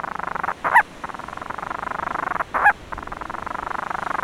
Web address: aves-marinhas painho-monteiro